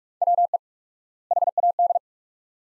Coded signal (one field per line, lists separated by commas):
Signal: Morse code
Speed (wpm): 42 wpm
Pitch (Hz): 700 Hz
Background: none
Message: WE HAD